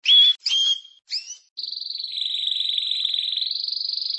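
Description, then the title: Canary song opening with three short whistled phrases, then a long even buzzy trill that dips slightly and rises again near the end. Champion singing canary. "Kicau Burung Kenari Juara"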